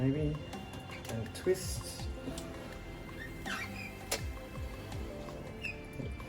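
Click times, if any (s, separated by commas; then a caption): 4.1 s. A plastic Nyos TORQ aquarium media reactor body is set down onto its dock with the tabs at the bottom lined up, then twisted until it locks in place, while someone talks over background music. A sharp click at 4.1 s marks the reactor seating and locking onto the dock.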